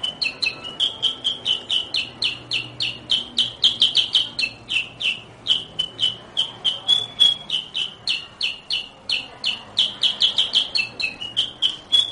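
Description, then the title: Sooty-headed bulbul giving a long, unbroken series of bright chirps, brisk and uneven in spacing. "Suara Burung Kutilang"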